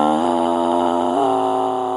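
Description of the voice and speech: A sustained sung tone from an adult singer steps upward twice in pitch, with a slightly rough, airy edge over the notes. This is a singing voice with vocal nodules (nodes): paired growths on the vocal cords stop them from closing fully, so air escapes and the tone turns hoarse.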